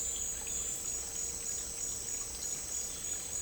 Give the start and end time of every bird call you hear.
[0.00, 0.68] bird call

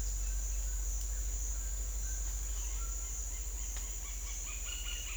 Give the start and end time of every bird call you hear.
[2.33, 5.16] bird call

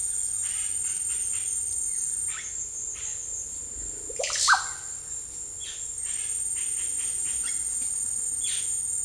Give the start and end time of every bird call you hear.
[0.00, 3.12] bird call
[3.88, 4.78] bird call

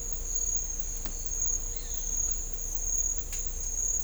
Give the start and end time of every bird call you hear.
[1.74, 1.99] bird call

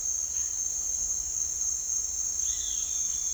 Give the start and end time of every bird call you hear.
[2.42, 2.93] bird call

